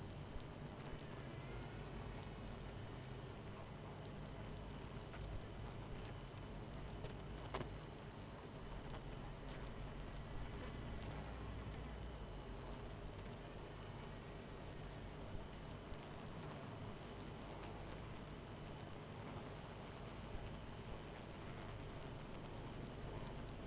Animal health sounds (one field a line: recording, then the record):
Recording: honeybee colony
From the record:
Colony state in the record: missing queen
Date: 14 July 2017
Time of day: 23:21